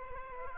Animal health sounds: mosquito wingbeat signal from an infrared sensor; Aedes aegypti

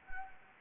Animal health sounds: mosquito wingbeat signal from an infrared sensor; Anopheles gambiae

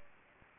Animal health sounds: mosquito wingbeat signal from an infrared sensor; Aedes aegypti

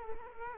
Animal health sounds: mosquito wingbeat signal from an infrared sensor; Culex quinquefasciatus

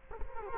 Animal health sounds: mosquito wingbeat signal from an infrared sensor; Culex quinquefasciatus

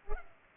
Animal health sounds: mosquito wingbeat signal from an infrared sensor; Culex pipiens

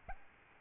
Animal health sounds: mosquito wingbeat signal from an infrared sensor; Aedes albopictus

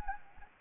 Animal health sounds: mosquito wingbeat signal from an infrared sensor; Anopheles gambiae

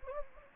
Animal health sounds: mosquito wingbeat signal from an infrared sensor; Anopheles gambiae

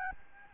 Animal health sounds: mosquito wingbeat signal from an infrared sensor; Aedes albopictus

